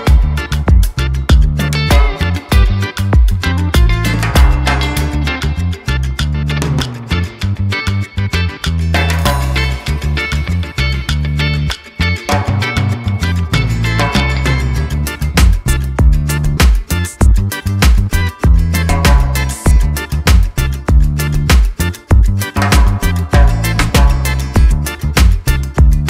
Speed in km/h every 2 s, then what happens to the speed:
90, 89, 89, 90, 90, 89, 89, 89, 89, 90, 92, 92, 92.
0-26 steady at about 90.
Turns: none.